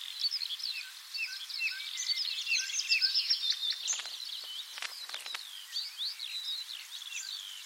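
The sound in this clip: Thrush nightingale song of rapid high chirps and whistled slurs, broken midway by a few sharp clicking notes, then continuing in a quick, varied stream.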